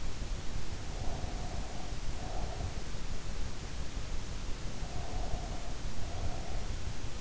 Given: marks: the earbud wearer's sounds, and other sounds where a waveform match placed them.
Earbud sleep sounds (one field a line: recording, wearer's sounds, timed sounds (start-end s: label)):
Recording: sounds in sleep by an in-ear microphone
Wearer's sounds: breath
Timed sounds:
0.74-2.61 s: breath
4.73-6.27 s: breath